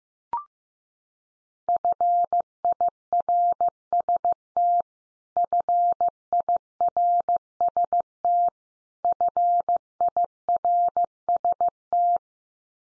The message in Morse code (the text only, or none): FIRST FIRST FIRST